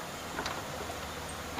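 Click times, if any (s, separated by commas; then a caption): none. Two halves of a worn plastic case are pressed together by hand, with faint plastic ticks and shuffling around 0.4–0.5 s and a brief sharp tap at 1.6 s. The parts shift out of line and do not latch; nothing has snapped into place yet.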